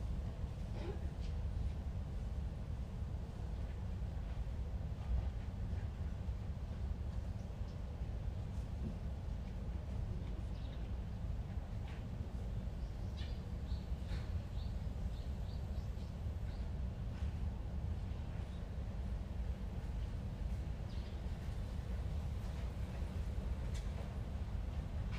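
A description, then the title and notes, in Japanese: A steady low rumble of traffic fills a morning after rain, with faint, scattered bird chirps rising above it now and then. 7:38 AM 朝の杉並。雨上がりの朝です。鳥が鳴いてます。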